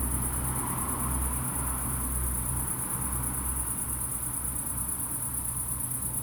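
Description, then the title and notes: Crickets trilling steadily in a high, unbroken shimmer while a deeper engine-like rumble and hum sit clearly below. Crickets at night in Aveize, France, with cars in the distance; recorded with a DPA-2006c AB pair into an SD MixPre-3. "69610 Aveize, France - Grillons - Crickets. Grillons la nuit, quelques voitures dans le lointain. Crickets at night, cars in the distance"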